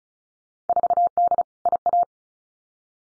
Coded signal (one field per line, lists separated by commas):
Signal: Morse code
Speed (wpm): 36 wpm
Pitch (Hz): 700 Hz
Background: none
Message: 4D IA